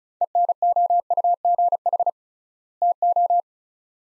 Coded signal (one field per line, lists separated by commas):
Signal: Morse code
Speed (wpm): 34 wpm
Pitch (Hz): 700 Hz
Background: none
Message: ENOUGH TO